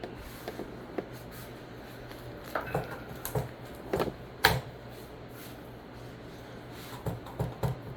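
An A3 Tactical 8.625-inch folding offset brace on the rear mount of a KP9 pistol is worked by hand, with a few lighter handling clicks and rattles before it locks into position with a sharp click at 4.5 s. It locks well, though it doesn't snap tight because there's nothing for it to attach to, leaving a very minimal bit of play. More faint handling sounds follow near the end.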